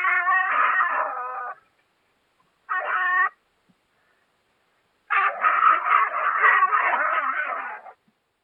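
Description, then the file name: European pine marten yowling: a rough wail, a short clipped cry, then a long harsh, wavering squall of about three seconds after a pause. Calls given during the mating season. "Baummarder Ranzzeit"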